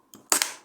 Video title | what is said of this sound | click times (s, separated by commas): Ремонт замка дверей Renault Grand Scenic 3 | раз і він став на місце він защолкнувся по своїх місцях своїх | 0.3 s